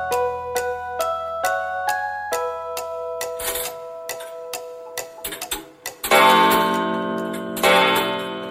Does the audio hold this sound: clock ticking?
yes